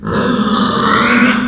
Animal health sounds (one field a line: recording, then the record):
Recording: squeal of a Yucatan mini pig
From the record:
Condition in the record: after surgery on the right vocal fold (resection and tissue-engineered implant)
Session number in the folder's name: 16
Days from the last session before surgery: 183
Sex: female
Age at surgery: 19 weeks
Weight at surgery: 25 kg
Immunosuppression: prednisolone